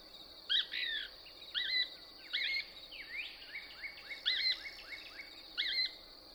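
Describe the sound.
Couch's Kingbird song: bright twittering note pairs repeated several times, with quick rising chips, over a continuous high hum.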